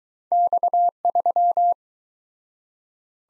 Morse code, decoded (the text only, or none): X3